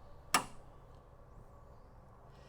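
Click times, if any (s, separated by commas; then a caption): 0.4 s. The front hood of a Fisker Ocean is lifted evenly by its edges until the hood hold-open latch clicks into place with a single sharp click at 0.4 s. The rest is quiet low background noise. The latch is seated, and the hood can then be lowered slightly so it locks.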